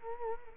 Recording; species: mosquito wingbeat signal from an infrared sensor; Culex quinquefasciatus